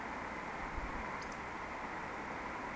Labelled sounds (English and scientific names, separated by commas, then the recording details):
Eurasian Woodcock (Scolopax rusticola) whistle
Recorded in Baden-Württemberg, Germany, on 17 June 2020 at 20:23 UTC
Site 14569, 102 m above sea level